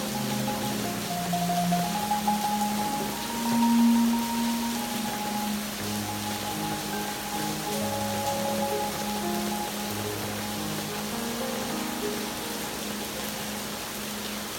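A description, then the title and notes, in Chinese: Rain falls outside as a steady, even hiss across the whole clip, while music plays underneath with sustained low notes and a few higher held tones. The music swells slightly around four seconds, then settles into a constant level. 基督仁愛之家外面的雨聲加上音樂聲。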